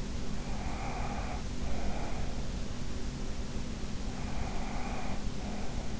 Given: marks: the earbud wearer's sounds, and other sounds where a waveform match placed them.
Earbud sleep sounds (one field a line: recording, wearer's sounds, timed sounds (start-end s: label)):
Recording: sounds in sleep by an in-ear microphone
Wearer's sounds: breath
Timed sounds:
0.46-2.46 s: breath
4.12-6.00 s: breath